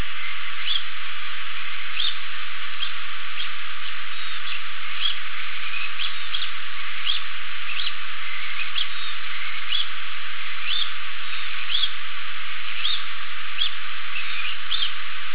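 Rufous babbler calls: many short, sharp notes repeated steadily over a steady band of hiss.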